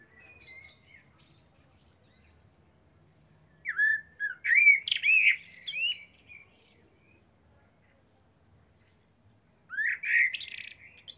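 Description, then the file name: Common blackbird song: a low fluty whistled phrase breaking into sharp, high scratchy twitters, then a long pause before another phrase begins. "Turdus merula"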